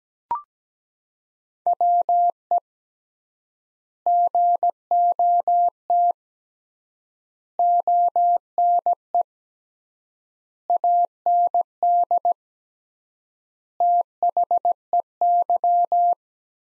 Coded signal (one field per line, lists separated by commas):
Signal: Morse code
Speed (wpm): 17 wpm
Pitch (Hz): 700 Hz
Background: none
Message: WE GOT ONE AND THEY